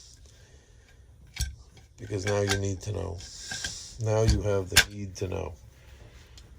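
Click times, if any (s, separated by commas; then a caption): 6.4 s. During reassembly of a New Haven Model 740 T bolt-action .22 WMR rifle, a bolt component, likely the bolt shroud, is pushed home into the rifle bolt while someone talks. A few sharp metallic ticks sound between the words, and the part clicks into place at 6.4 s, seated.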